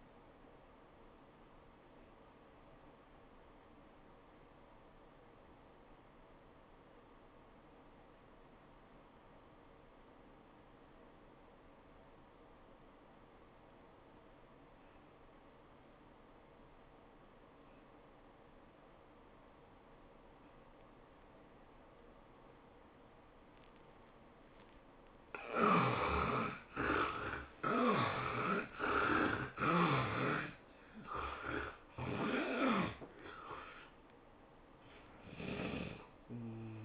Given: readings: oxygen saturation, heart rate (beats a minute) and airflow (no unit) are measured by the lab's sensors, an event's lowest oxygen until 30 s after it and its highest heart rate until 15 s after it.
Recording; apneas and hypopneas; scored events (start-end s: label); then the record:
breathing in sleep by a voice recorder at the bedside; 1
4.00-24.20 s: obstructive apnea (N2, oxygen 91% highest, then 70% lowest, heart rate 81 at the start, 107 highest)
28.00-36.85 s: new sleep stage, N1 (lightest sleep)
From the record:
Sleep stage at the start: N2 (light sleep); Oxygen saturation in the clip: 72 to 91%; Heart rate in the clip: 75 to 105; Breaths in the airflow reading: 5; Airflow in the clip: -16.5 to 13.3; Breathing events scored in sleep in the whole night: 403 in 5.5 hours asleep